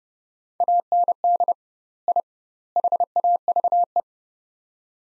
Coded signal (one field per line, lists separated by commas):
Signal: Morse code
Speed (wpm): 30 wpm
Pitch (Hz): 700 Hz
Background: none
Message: AND I HAVE